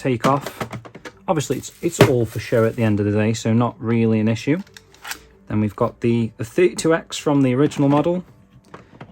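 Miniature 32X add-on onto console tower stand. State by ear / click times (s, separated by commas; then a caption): partly seated / 8.7 s, 9.0 s. Someone talks for most of the clip, then a miniature plastic replica 32X add-on is pushed onto a Mega Drive Mini tower stand, giving short plastic thunks at 8.7 s and 9.0 s. The add-on does not sit fully home and fits less neatly than the previous part, which locked into place.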